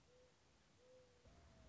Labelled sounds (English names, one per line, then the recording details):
Mourning Dove
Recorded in Sonoma County, California